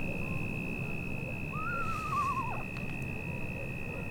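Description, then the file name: Eastern screech owl giving a single quavering whinny that slides downward over about a second, with a steady high-pitched tone and low rumble throughout. "Megascops asio"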